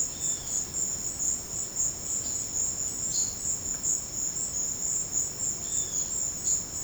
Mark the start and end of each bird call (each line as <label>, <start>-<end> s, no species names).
bird call, 0.09-0.58 s
bird call, 2.26-2.50 s
bird call, 3.06-3.44 s
bird call, 5.58-6.16 s